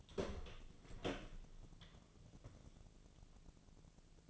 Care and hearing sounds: daily activity, microphone in the room; open door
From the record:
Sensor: 4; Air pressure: 1001.2 hPa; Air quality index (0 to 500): 183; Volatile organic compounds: 2 ppm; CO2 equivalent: 1311 ppm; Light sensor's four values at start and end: 17/40/16/17 and 15/36/15/15

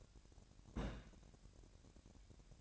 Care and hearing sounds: daily activity, microphone in the room; place on stove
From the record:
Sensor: 2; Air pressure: 1011.9 hPa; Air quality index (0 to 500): 196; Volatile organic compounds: 3 ppm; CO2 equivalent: 1393 ppm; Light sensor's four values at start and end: 75/178/73/72 and 75/178/73/72

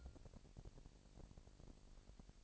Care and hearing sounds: daily activity, microphone in the room; take from stove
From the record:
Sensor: 5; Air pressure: 1002.1 hPa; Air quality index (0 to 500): 248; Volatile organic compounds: 8 ppm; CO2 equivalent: 2123 ppm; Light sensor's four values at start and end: 24/51/22/25 and 23/51/22/25

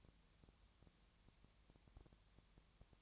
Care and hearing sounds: daily activity, microphone in the room; no activity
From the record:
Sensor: 3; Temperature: 20.6 degrees Celsius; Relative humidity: 34.7%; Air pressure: 1007.2 hPa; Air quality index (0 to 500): 137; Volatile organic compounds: 3 ppm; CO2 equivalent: 1527 ppm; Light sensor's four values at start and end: 2/3/2/2 and 2/3/2/2

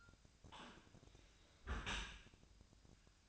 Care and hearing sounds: daily activity, microphone in the room; close dishwasher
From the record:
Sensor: 2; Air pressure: 1003.0 hPa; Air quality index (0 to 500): 199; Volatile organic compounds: 6 ppm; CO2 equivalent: 1888 ppm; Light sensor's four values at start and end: 15/36/15/17 and 15/36/16/17

